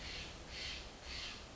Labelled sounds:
Steller's Jay
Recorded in Sonoma County, California

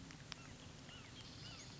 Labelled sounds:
Western Flycatcher
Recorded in Sonoma County, California

